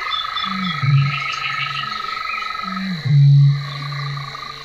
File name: BĄK